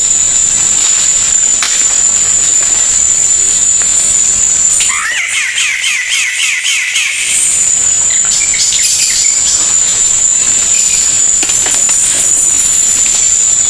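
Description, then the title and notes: Bird song: a short spell of fast, bubbling chirps midway, framed by a continuous high-pitched whine and hissing background. Bird with a melodious voice. "Burung Dengan Suara Merdu"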